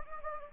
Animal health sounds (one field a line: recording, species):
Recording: mosquito wingbeat signal from an infrared sensor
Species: Anopheles gambiae